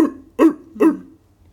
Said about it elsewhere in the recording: Their voice sounds hoarse. And when they're coughing, it sounds the sort of the classic is the seal like cough. Your sort of typical crouper.